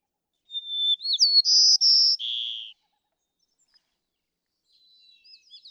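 White-crowned sparrow singing: a steady whistle sliding upward into two bright buzzy notes and a lower buzz, followed by a fainter partial song.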